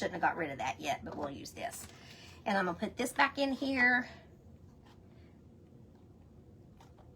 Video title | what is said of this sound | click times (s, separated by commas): Decorative Frame Makeover with Floral Cross Rice Paper - Vintage Decoupage DIY 💫 | It won't snap back in the way that it's supposed to because it bowed, but that's okay. | none